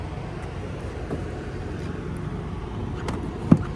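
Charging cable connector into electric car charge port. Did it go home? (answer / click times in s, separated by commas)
yes / 3.5 s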